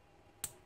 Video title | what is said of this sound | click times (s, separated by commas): 3DFX VOODOO 5 5500 GAMING RIG | Press until you hear a click. | 0.4 s